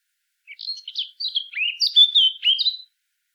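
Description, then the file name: Eurasian blackcap song: a short phrase opening with soft twittering notes, then swelling into loud, clear fluted whistles that slur up and down before stopping. "Sylvia atricapilla"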